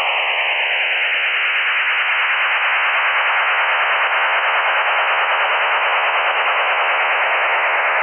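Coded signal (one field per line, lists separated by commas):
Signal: HF data modem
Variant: STANAG 4285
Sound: steady dense hissing data rush filling the band, brief falling tuning tone at start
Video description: Tuning PSK signal, decoding Stanag 4285 (text message)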